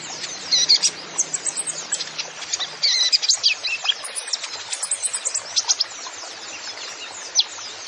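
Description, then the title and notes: Kolibri Ninja song: busy, energetic chatter of high chirps and trills, thinning out toward the end. Song with full isian (fill) phrases and tembakan (shot) style, in full song (gacor), used as masteran to train songbirds. "MASTERAN KOLIBRI NINJA FULL ISIAN DAN TEMBAKAN. Suara Burung Kolibri Ninja Gacor"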